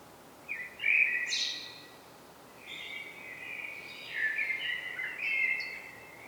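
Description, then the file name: Eurasian blackbird with mellow, warbled phrases, some sliding notes and a thin high flourish, spaced with short pauses over quiet background hiss. "Turdus merula"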